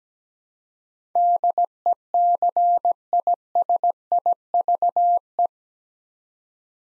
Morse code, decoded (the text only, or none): DECISIVE